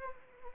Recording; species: mosquito wingbeat signal from an infrared sensor; Anopheles arabiensis